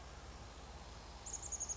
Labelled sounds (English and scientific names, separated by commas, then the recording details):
Chestnut-backed Chickadee (Poecile rufescens)
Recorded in Sonoma County, California